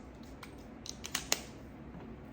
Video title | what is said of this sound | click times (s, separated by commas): Scepter Amazonite banging Bvlgari clone | Snap in place. | 1.3 s